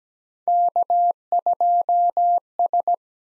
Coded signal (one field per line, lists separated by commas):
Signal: Morse code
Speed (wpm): 17 wpm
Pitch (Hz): 700 Hz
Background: none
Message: K2S